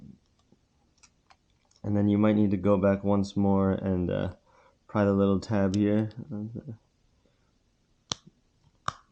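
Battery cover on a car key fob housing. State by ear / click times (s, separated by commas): released / 8.1 s, 8.9 s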